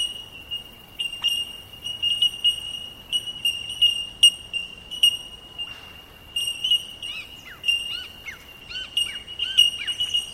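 Bellbird chorus of sharp tinkling pings repeated over a steady ringing tone, with short looping whistles near the end.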